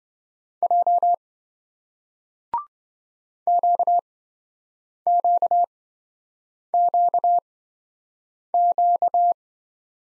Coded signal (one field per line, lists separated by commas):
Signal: Morse code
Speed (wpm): 27 wpm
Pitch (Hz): 700 Hz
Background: none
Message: J QQQQ